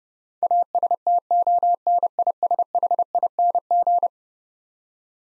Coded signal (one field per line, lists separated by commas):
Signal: Morse code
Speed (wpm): 31 wpm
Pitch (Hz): 700 Hz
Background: none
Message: ASTONISHING